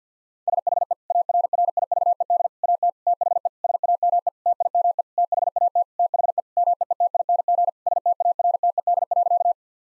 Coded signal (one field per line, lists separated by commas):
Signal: Morse code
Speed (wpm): 50 wpm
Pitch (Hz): 700 Hz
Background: none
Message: SHE ARRIVED AT THE SAME TIME THAT THE MEETING STARTED.